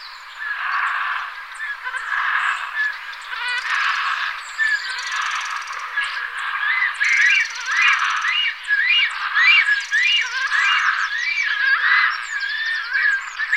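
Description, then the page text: Black stork calls, rough and mixed at first, then settling into a run of rising-falling whistled notes with harmonics. "Голоса птиц - Черный аист (Ciconia nigra)"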